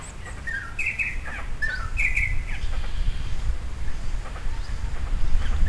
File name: Greater racket-tailed drongo - Dicrurus paradiseus